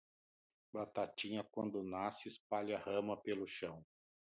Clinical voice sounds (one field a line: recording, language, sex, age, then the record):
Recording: short text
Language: Brazilian Portuguese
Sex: male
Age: 50 to 59 years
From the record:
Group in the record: control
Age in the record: 57 years